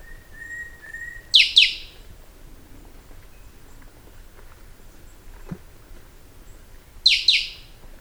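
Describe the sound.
Bird: faint level whistles lead into paired, sharply falling calls from a bird, repeated about six seconds later.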